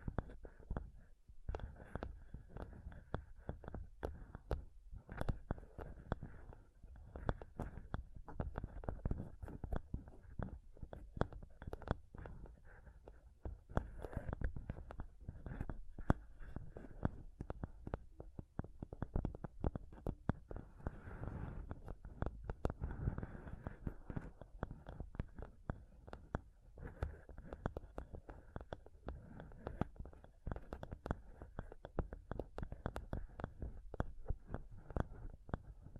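Intense scratching and touching on a close-up mic, with dense, rapid rubbing and tapping that runs without pause for the whole clip. The sound is heavy and muffled in the low end, dotted with sharp clicks and scrapes at an irregular, busy pace.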